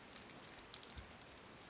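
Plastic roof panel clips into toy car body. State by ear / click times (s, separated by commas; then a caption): not seated / none. Someone handles the plastic roof panel of a small transforming toy car, pressing it down at the double joint and working the two small clips at the side of the window. Light, dry plastic ticks and taps come in scattered bursts across the clip, with a slightly stronger tap near 1.0 s. Nothing has seated or clicked into place yet.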